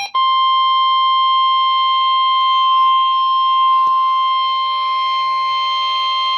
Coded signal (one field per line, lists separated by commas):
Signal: Emergency Alert System (SAME) tones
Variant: 1050 Hz attention tone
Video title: Most Notable EAS Alert Captures from 2019 & 2020 (#1,741 - 1,770)